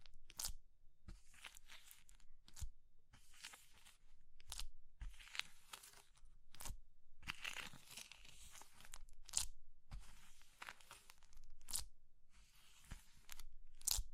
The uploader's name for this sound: Oddly Satisfying Crushing Triggers Soap, Chalk, Meringue, Pastel